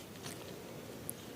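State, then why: Not seated. A plastic action-camera clip is pushed into its helmet-mount base, but the clip is slightly damaged, so it fails to lock. Over a low, steady handling noise there is only a brief, sharp high-pitched tick at about 1.1 s; the clip has not clicked or seated into the base.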